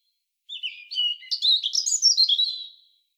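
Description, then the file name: European robin song: a single shimmering phrase of thin, high notes that starts with a soft whistle and builds into fast, sweet twitters. "Erithacus rubecula"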